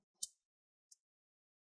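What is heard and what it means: A plastic cover is placed on top of an Acer Aspire 3 A315-41-R7WT laptop chassis and squeezed down until its clips snap in. Two sharp clicks are heard at 0.2 s and 0.9 s. The second is quieter, and there is silence between and after them. The cover is seated.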